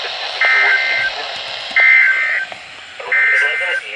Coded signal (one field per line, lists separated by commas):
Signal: Emergency Alert System (SAME) tones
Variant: end-of-message bursts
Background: speech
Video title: NWR 7-19 Required Weekly Test (EAS#73-75)